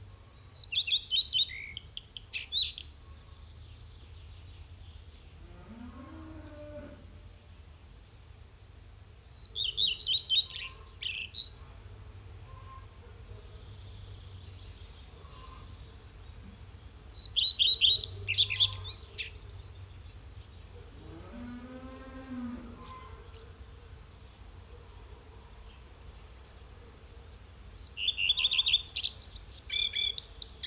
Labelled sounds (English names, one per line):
Common Redstart song